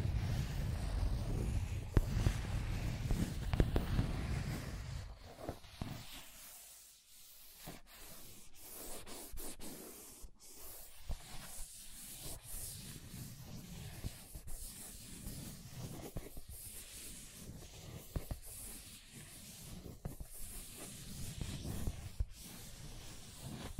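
Scratching and tracing sounds, a dry rubbing and sanding texture that runs throughout. The first five seconds carry a heavier, low rumbling scrape; after that the strokes turn lighter and thinner, with frequent short scratches and a few sharp clicks around ten seconds.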